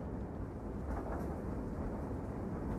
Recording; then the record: background sound without coughing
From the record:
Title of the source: Train Ride Ambience ambient white noise for sleeping, focus, studying, reading